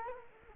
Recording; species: mosquito wingbeat signal from an infrared sensor; Culex quinquefasciatus